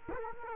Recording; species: mosquito wingbeat signal from an infrared sensor; Culex quinquefasciatus